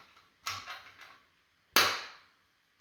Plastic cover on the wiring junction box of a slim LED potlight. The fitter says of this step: You hear that snap? It's covered.